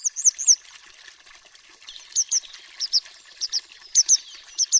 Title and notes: Triluri Urbane. Codobatura de munte. Orașul Vorbește. Societatea Ornitologica Română